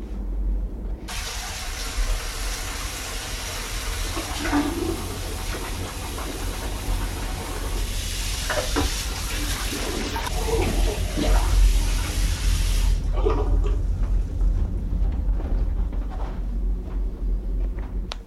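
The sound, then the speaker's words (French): Clean water is poured into a bowl in a steady, rushing splash lasting about twelve seconds, then stops abruptly, leaving a low, constant hum in the background. No one speaks. “je vais remettre de l'eau propre et en faire l'expérience avec Bruno”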